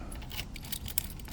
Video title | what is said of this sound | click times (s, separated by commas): Thule Epos 2 Bike Hitch Rack with lights unboxing/installation on 2021 Toyota Highlander | There you go. Now this is locked into place. | 1.0 s